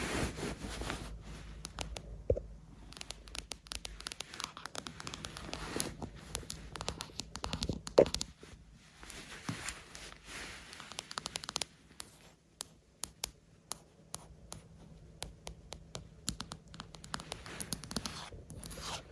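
Lens tapping and scratching: dense, irregular clicks and rasping scrapes fill the whole stretch, some sharp taps standing out near the start and around eight seconds. A faint low hum runs steadily underneath, and the scratching thins briefly around midway before resuming.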